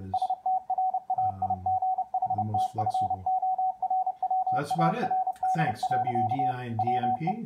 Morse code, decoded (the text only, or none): STRAIGHTFORWARD. WE